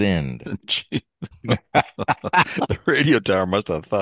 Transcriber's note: laughs